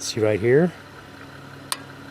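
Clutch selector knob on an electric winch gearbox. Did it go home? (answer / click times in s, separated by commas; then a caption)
yes / 1.7 s. The clutch selector knob on an OPENROAD 12,000 lb electric winch gearbox is turned back to re-engage the gears while someone talks over a low steady hum. At 1.7 s it snaps into position with a single sharp click, and the winch is engaged and ready to go.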